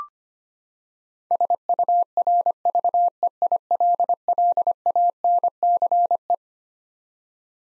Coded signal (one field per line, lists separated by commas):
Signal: Morse code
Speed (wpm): 25 wpm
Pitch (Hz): 700 Hz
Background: none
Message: SURVEILLANCE